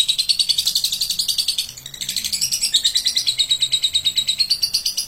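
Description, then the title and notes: Lovebird song: a continuous rapid stream of high, pulsing chatter, briefly dipping early on before resuming. Adult fighter lovebird. "LOVEBIRD FIGTER. Lovebird Dewasa"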